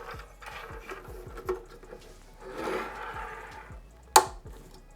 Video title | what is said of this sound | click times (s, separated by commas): How to install the Arctic Freezer 36 ARGB CPU Cooler - AMD and Intel Step by Step Guide | see how it clicks in? | 4.2 s